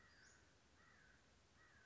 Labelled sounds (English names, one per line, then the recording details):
Western Flycatcher
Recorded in Sonoma County, California